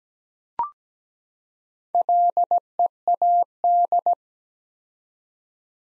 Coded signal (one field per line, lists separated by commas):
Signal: Morse code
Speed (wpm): 17 wpm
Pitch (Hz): 700 Hz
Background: none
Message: LEAD